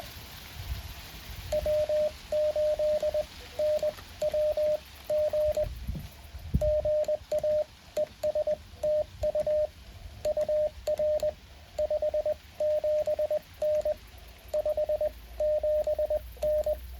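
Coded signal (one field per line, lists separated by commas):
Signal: Morse code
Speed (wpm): 20 wpm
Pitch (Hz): 590 Hz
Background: radio noise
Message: W8NWG GA ES TU UR 57N 57N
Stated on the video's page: Morse code park activation sent from a Mountain Topper 4B transceiver into an end-fed half-wave antenna.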